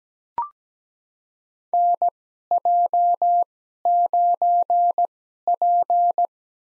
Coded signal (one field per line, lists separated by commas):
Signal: Morse code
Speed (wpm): 17 wpm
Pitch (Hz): 700 Hz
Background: none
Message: NJ9P